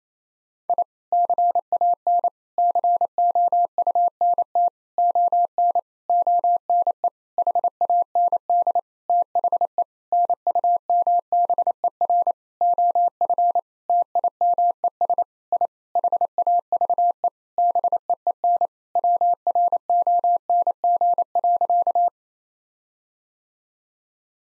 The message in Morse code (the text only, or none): I CAN COUNT ON ONE HAND THE NUMBER OF TIMES I HAVE BEEN WRONG.